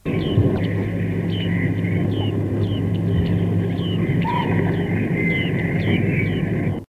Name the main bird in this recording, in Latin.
Panurus biarmicus